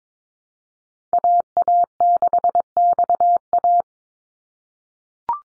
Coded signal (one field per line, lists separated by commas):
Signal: Morse code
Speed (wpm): 22 wpm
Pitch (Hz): 700 Hz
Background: none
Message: AA6XA